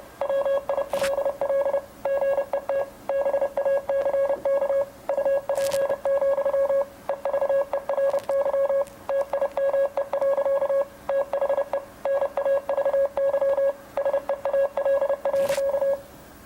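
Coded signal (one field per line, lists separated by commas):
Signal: Morse code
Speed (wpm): 30 wpm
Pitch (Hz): 550 Hz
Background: none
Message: WILL GET BACK UP, EVERY TIME. THE NAVY SEAL.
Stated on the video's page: Morse youth outreach presentation; the ending high-speed message was sent inaccurately and ended in gibberish.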